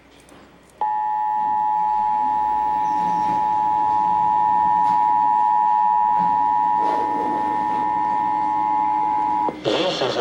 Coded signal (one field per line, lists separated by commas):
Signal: Emergency Alert System (SAME) tones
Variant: 853 and 960 Hz attention tone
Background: speech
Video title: Nationwide Emergency Alert System Test